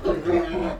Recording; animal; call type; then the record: contact call of a hoofed animal; wild boar; grunt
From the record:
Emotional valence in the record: negative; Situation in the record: naturally occurring agonistic interactions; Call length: 0.80 s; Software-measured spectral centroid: 1320 Hz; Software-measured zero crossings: 1130 a second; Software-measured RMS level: -24 dBFS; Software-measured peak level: -10 dBFS